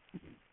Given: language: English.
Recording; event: throat vibration sensor signal played as sound; swallow